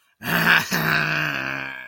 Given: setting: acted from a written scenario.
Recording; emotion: vocal sound without words; anger